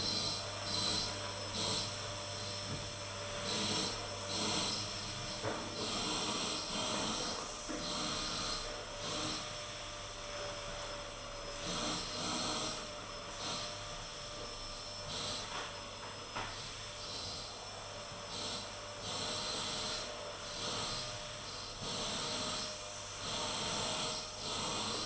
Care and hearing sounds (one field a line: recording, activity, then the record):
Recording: daily activity, microphone in the room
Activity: vacuum cleaning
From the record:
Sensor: 4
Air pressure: 992.6 hPa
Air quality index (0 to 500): 146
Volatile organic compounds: 94 ppm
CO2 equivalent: 3712 ppm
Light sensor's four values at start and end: 18/62/23/24 and 19/64/24/24